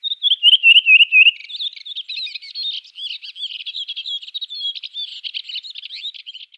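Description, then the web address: Redwing gives a short series of descending fluted whistles, then a sustained, jumbled, squeaky twitter lasting several seconds. "Schulze Peter Redwing song"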